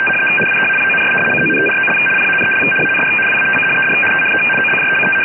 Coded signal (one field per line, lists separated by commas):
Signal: RTTY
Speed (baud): 75 baud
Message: THE WEAPONS CONTROL PANEL AND WATCHED THE OBJECT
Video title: NATO STANAG 4481 FSK KG 84 DECRYPTED BY AI-software